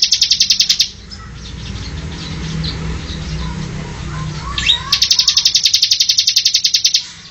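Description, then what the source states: Bar-winged prinia giving the end of a buzzing trill, a quiet gap with background noise, then a single swooping note leading into another long buzzy trill. Song given in the ngebren style.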